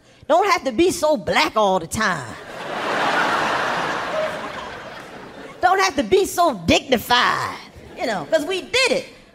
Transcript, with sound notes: don't have to be so black all the time.
(LAUGHTER)
Don't have to be so dignified - you know? - because we did it.